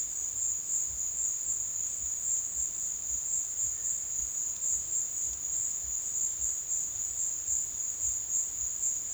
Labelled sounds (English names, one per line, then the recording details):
none
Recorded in secondary vegetation near Puerto Asís, Putumayo, Colombia, on 22 June 2025 at 15:00
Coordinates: 0.485, -76.322
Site GP06